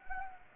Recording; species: mosquito wingbeat signal from an infrared sensor; Anopheles gambiae